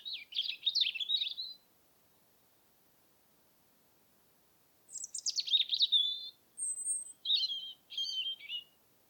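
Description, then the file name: European robin song, two separate phrases after a pause: first a jumbled high twitter, then descending squeaky notes, a very thin high whistle and short sweet trills. "european robin - erithacus rubecula"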